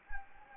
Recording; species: mosquito wingbeat signal from an infrared sensor; Anopheles gambiae